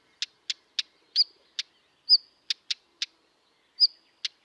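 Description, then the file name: Northern wheatear calling: hard, dry clicking tacks in an irregular series, mixed with a few short, high, level whistled wheet notes. "Stenskvatta"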